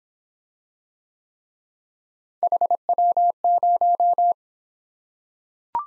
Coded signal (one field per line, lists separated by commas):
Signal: Morse code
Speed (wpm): 26 wpm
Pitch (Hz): 700 Hz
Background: none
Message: HW0